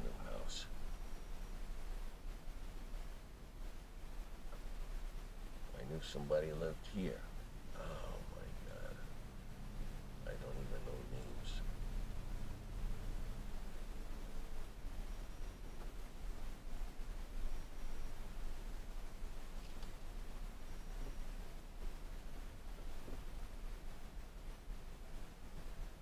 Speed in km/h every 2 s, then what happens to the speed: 26, 27, 24, 23, 26, 27, 27, 31, 31, 27, 26, 27, 26.
0-7 steady at about 24. 7-15 speeds up to 31. 15-26 steady at about 27.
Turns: none.